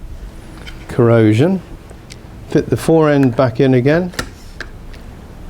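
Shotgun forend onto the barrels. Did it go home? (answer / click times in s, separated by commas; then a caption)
no / none. After cleaning, the wooden forend of an old Maruku shotgun is being fitted back under the barrels while someone talks. A few faint, brief ticks are heard between the words. The clip ends before the forend is pushed home, so nothing has seated or clicked yet.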